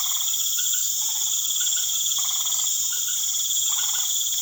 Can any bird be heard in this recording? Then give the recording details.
no. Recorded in pastures near Puerto Asís, Putumayo, Colombia, on 12 March 2025 at 19:30. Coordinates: 0.487, -76.322. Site G077